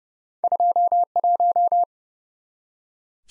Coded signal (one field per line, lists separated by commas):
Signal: Morse code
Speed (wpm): 29 wpm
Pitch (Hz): 700 Hz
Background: none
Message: 21